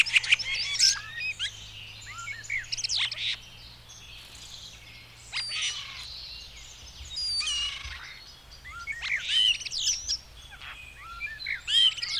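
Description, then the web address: Birds in a busy chorus, rapid overlapping chirps and trills packed closely together, swelling and fading in waves. "madarak enek"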